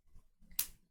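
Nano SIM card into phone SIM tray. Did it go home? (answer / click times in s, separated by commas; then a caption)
yes / 0.6 s. A second nano SIM card is pressed into its slot in the small SIM tray of a Nothing Phone 3a. After some faint handling noise, it snaps in with a single sharp, bright click at 0.6 s. The card is seated.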